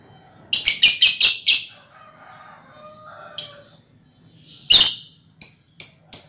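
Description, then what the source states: Lovebird giving a rapid string of harsh, shrill squeaks, then faint lower sounds, followed by a loud squeal and three short sharp chirps. Ngekek song, used as a lure song (kicau pancingan).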